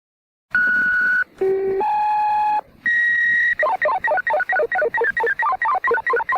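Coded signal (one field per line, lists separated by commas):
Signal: pager alert tone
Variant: sequential tone paging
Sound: four steady tones in sequence, then about 20 fast chirping alternating tone pulses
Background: radio hiss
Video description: Modulated tone sequences from a vintage pager transmitter recorded in 1982 in the United States at St. Petersburg Beach, Florida.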